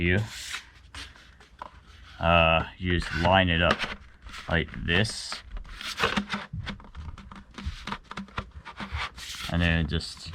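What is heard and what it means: A round plastic nozzle is lined up against the tube of a brand-new Homelite 2-cycle gas blower/vac before being pushed home, while someone talks. Only light scraping, rubbing and patter sounds are heard, and the nozzle has not locked or clicked into place yet.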